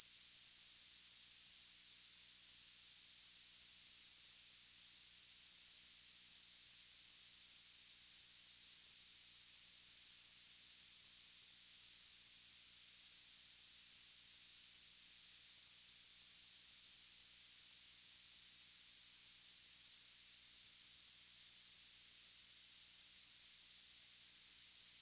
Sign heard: Tinnitus.